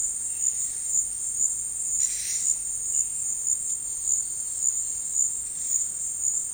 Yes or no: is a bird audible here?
no